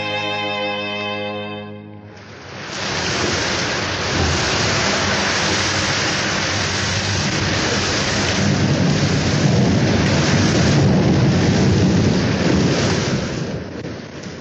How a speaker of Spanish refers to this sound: Entonces llegó el mal tiempo. Diluvió días y noches seguidas y las aguas penetraron y se filtraron por la fresca argamasa hasta dejar las paredes con los ladrillos y guijarros descarnados.